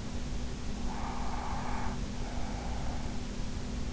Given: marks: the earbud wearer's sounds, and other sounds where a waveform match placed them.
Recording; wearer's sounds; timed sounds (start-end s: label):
sounds in sleep by an in-ear microphone; breath
0.72-3.29 s: breath